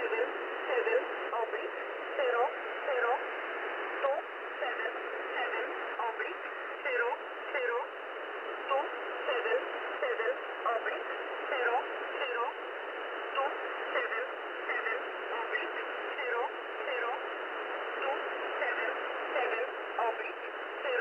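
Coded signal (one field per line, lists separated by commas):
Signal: numbers station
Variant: E11 Oblique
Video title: E11 Oblique | 30th August 2023 | Null Message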